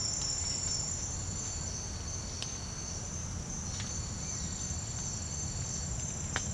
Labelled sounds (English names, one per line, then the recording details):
none
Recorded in secondary vegetation near Puerto Asís, Putumayo, Colombia, on 19 March 2025 at 08:00
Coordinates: 0.502, -76.326
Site G100